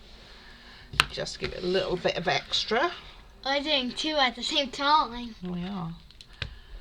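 A wooden tab of a miniature doll-house furniture kit is pressed into its tight-fitting slot with glue while someone talks. A sharp knock at 6.4 s marks the piece bottoming out, and the joint is seated after it pushes in easily.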